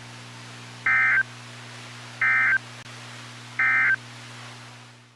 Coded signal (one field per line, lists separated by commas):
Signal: Emergency Alert System (SAME) tones